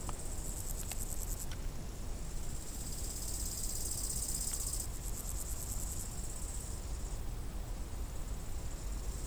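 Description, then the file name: Crickets chirping: a very high, continuous trill with pulsing stretches over a steady low rumble of background noise. "Grillen"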